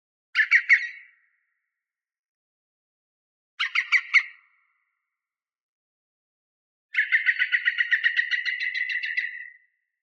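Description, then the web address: Green woodpecker laughing call: two short bursts of rapid ringing notes, then a longer run of about fifteen even notes, with silence between bursts. Several green woodpeckers calling far away on a lakeshore in the forests of Norway. "Justsoundeffects - Forests of Norway BIRDMisc Green Woodpeckers Calling On Lakeshore Far Away"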